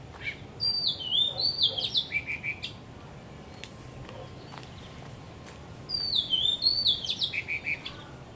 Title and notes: 香港 烏溪沙 雀鳥勁唱歌 Date: 15 December 2006